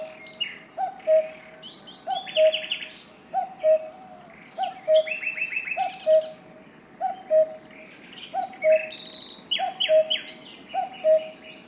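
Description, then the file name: Cuckoo giving nine even, two-note falling cu-coo calls in a steady rhythm, with other birds chirping and trilling higher. "minutes of cuckoos"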